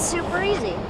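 A folding latch on a wheeled frame with a carbon fiber stem is handled while someone talks over a steady background hiss. Nothing has seated or clicked yet, so the latch is not yet locked into place.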